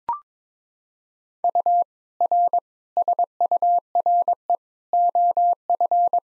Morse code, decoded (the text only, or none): U R SURE OF